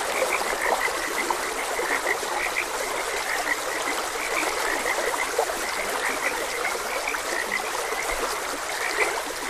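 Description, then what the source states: Frog chorus of short, bright croaks repeating irregularly, with steady running water underneath the whole time. Frogs croaking beside a gentle stream.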